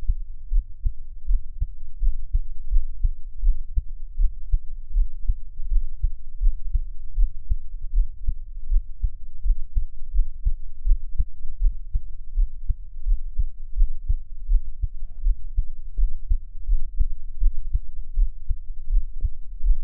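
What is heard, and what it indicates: Steady, soft low thumps of an adult heartbeat at about 80 beats per minute, heard close up for ASMR listening, with no talking.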